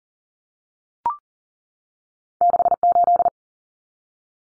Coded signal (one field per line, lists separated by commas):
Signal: Morse code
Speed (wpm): 40 wpm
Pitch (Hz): 700 Hz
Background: none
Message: 68